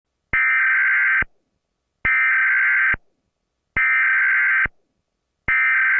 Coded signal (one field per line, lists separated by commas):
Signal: Emergency Alert System (SAME) tones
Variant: header bursts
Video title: Weird EAS: EAS Participant issued a “Repeating EAS Alarm Tones Over and Over Again Test” for 5 mins